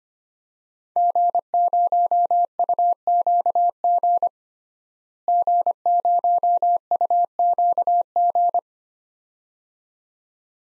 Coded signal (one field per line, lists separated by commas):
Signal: Morse code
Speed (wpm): 25 wpm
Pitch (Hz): 700 Hz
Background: none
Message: G0UQG G0UQG